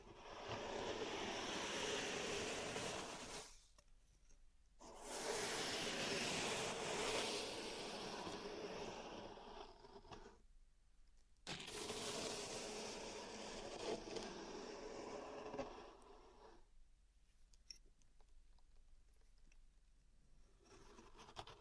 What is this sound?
Pink Salt Zen Garden Triggers